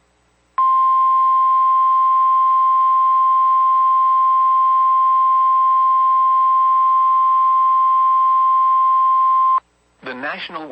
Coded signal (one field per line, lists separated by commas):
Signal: Emergency Alert System (SAME) tones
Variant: 1050 Hz attention tone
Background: speech